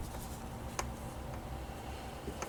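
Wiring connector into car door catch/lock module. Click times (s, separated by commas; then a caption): 0.8 s. An electrical connector is pushed back onto the door catch (lock) module inside the front door of a 1999–2007 Skoda Fabia MK1 during electric window regulator work. A sharp click at 0.8 s marks it seating into place over a low, steady background, and a fainter tick follows at 2.4 s.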